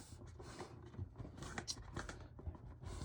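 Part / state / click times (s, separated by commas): snap-on outlet cover plate onto adapter plate on a wall receptacle / seated / 1.6 s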